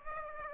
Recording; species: mosquito wingbeat signal from an infrared sensor; Aedes aegypti